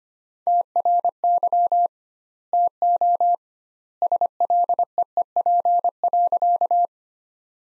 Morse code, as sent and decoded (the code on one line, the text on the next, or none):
- .-. -.-- / - --- / ... .-.. . . .--. .-.-.-
TRY TO SLEEP.